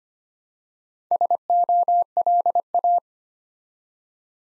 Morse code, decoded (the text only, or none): SOLA